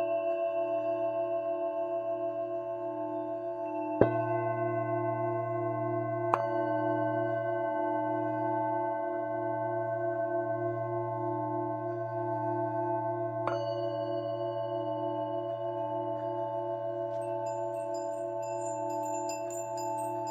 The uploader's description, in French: bols tibétains